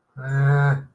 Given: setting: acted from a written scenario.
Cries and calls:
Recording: vocal sound without words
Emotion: distress

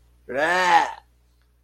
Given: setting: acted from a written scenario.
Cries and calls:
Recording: vocal sound without words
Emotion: disgust

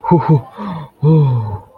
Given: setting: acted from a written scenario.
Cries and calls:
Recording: vocal sound without words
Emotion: relief

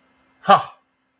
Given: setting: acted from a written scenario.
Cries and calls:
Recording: vocal sound without words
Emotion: pride

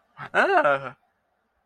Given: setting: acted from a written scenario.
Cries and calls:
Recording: vocal sound without words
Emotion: negative surprise

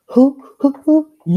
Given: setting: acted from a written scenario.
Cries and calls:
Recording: vocal sound without words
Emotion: triumph

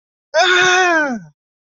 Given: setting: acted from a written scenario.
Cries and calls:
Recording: vocal sound without words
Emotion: pain

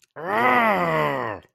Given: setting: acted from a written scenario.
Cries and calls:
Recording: vocal sound without words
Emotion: anger

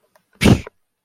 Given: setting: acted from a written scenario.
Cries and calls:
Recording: vocal sound without words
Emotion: contempt

